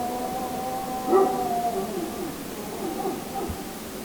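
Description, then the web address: Grey wolf howling faintly, a long steady tone with a brief louder part early on, partly masked by background hiss. "hlehto aania Susi"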